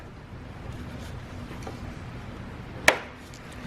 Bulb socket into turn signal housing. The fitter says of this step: uh clockwise to hear a lock and the snap into place thanks for watching nukinik